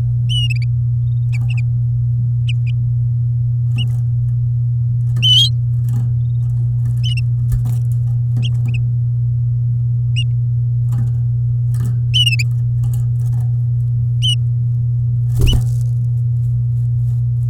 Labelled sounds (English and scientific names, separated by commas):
Domestic Canary (Serinus canaria) song